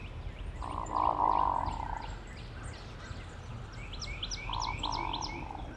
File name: Hooded Merganser - Lophodytes cucullatus